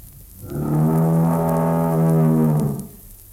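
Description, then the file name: Bull giving one long, even, low moo lasting over two seconds, steady in pitch. "Stier Sound Cloud Beeld en Geluid"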